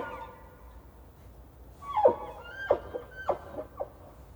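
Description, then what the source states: Elk calls: a faint note, then several short, squealing chirps, spaced irregularly over about two seconds. A bull elk with cows, recorded on 18 October 2015.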